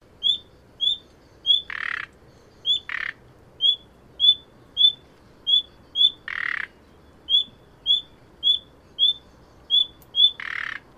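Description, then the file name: Common nightingale repeating a short, clear whistled note, broken at intervals by a few harsh rasping bursts. "Luscinia megarhynchos"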